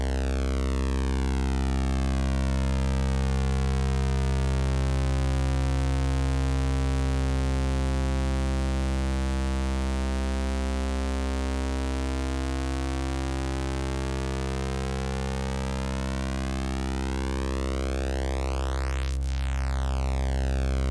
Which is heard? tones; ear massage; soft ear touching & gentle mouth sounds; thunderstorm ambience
tones